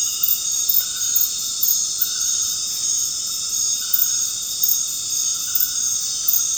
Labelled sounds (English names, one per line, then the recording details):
none
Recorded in dense forest near Puerto Asís, Putumayo, Colombia, on 8 March 2025 at 19:00
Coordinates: 0.486, -76.317
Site G053